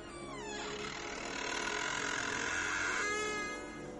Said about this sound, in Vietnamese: Hắn vừa định đưa tay đẩy cửa thì đột nhiên có tiếng cửa mở, nghe đến rợn người.